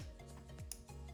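A DDR4 memory stick is pushed down into a motherboard DIMM slot over a steady low background hum, with a couple of soft rubbing sounds around 0.2 and 0.6 seconds. A sharp, brief click of the retention latch is heard at 0.7 seconds, and the stick is seated.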